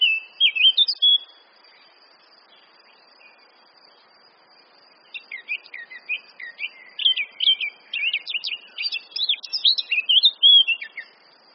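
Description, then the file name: Eurasian blackcap warbling song: a brief burst of high notes, a pause, then a long run of rapid scratchy and fluty phrases, over a steady faint high tone. "Sylvia atricapilla"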